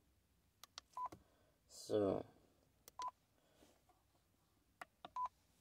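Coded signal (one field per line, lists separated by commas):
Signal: none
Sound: radio's menu key beeps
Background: speech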